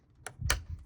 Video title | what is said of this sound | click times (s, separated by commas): 2020 Audi Q3 Air Filter Replacement: A Step-by-Step Guide! | So you push it and you should hear it click. | 0.3 s, 0.5 s